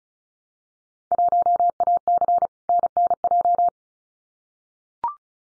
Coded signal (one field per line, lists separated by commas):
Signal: Morse code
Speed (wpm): 34 wpm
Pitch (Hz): 700 Hz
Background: none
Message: 1AC NNJ